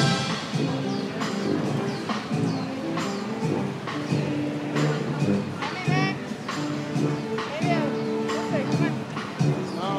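A busy outdoor square on a warm afternoon, with many voices talking at once. Children's higher voices and brief exclamations rise above the steady chatter every second or two, while a low murmur of the crowd continues underneath throughout.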